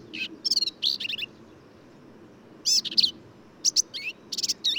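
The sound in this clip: Black-capped vireo singing: quick clusters of scratchy, squeaky high notes in two bursts, with a silent gap of about a second and a half between them.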